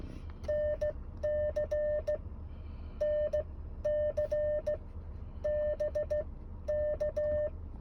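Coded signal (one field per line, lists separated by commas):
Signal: Morse code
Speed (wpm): 18 wpm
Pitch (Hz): 600 Hz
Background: none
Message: NC NC BK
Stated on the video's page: Park activation during the WWFF August in the Parks 2025 event, hunting and park-to-park contacts, operated from the car when rain started.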